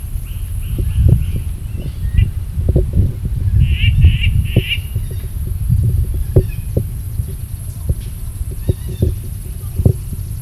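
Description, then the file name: Hose's toad call, heard as clusters of brief rasping pulses, a run of four early and another of three midway, against a constant thin insect drone and heavy low background rumble. Recorded at Base Camp. "Pedostibes hosei Base Camp"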